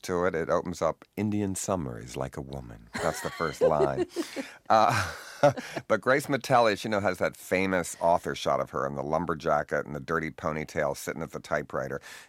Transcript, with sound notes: It opens up, Indian summer is like a woman. That's the first line.
(LAUGHTER)
But Grace Metalious, you know, has that famous author shot of her in the lumber jacket and the dirty ponytail sitting at the typewriter.